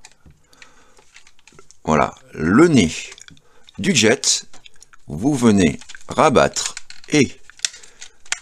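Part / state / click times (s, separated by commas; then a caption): plastic pegs of a transforming toy robot part clipping into the robot body / seated / 7.7 s, 8.3 s. A section of a plastic transforming jet robot toy is folded down and secured by two small pegs that clip into the robot body at two spots, while someone talks. Two sharp plastic snaps are heard at about 7.7 s and 8.3 s, confirming both pegs have clipped in and the part is seated.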